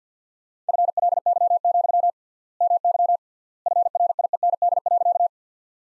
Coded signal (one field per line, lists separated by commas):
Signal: Morse code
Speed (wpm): 50 wpm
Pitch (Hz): 700 Hz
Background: none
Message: FLY, MY FRIEND.